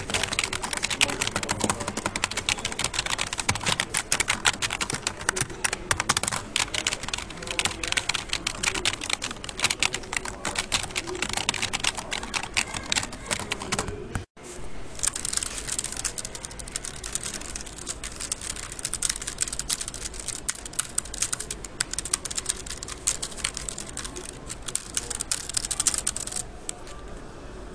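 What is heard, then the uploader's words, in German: Dense keyboard typing clatters on almost without pause, a quick run of sharp, bright key clicks with a soft thud beneath. The typing cuts out for a moment around the halfway point, then resumes at the same busy pace until it eases near the end. Tastatur asmr.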